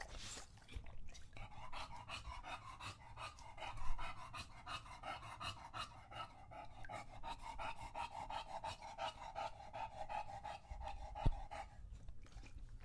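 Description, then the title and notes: English Bulldog panting rapidly and steadily, a long run of quick breaths with a brief thump near the end. Male English Bulldog named Lucho drinking water from a bowl after a long walk, breathing heavily and out of breath between drinks. "English Bulldog Drinks from Water Bowl. listen to Lucho the English Bulldog as he tries to drink water after a long walk. Don't let his heavy breathing fool you in between drinks, he's equally out of breath from the walk"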